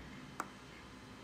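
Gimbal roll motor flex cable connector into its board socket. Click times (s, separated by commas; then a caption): 0.4 s. On a first-generation Mavic Pro drone gimbal, the roll-motor flex cable connector is pressed into its board socket. A single short, sharp click is heard at 0.4 s over a faint steady background. The connector is then seated properly.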